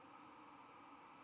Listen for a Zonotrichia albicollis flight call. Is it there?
no